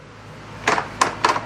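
After its shifter rod is adjusted so it can travel fully, a Polaris ATV's gear shift linkage is moved through reverse and neutral into drive. Three sharp metal detent clicks sound at 0.7, 1.0 and 1.3 seconds over a low steady hum. The linkage seats into gear, now passing the last little click it previously could not push through.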